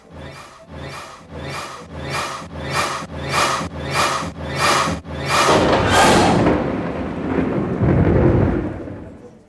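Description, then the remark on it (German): A steady run of rhythmic, rasping pulses gives way to a loud thunderstorm about to cover Yershalaim, with deep rolling thunder rumbling on for several seconds. No one speaks. “Levi verstummte und grübelte, ob das Gewitter, das ihr Schalaim gleich zudecken würde, im Schicksal des unglücklichen Jeschua eine Wende bringen mochte.”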